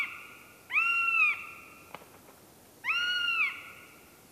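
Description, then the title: Northern Goshawk: two drawn-out, nasal wails about two seconds apart, with a faint click between them. "Kanahaukka"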